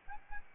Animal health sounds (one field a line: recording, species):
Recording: mosquito wingbeat signal from an infrared sensor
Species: Aedes albopictus